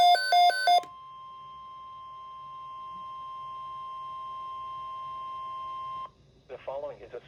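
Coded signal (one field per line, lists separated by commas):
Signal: Emergency Alert System (SAME) tones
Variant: 1050 Hz attention tone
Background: speech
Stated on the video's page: NOAA Weather Radio alert for a severe thunderstorm watch covering parts of New Jersey and Pennsylvania.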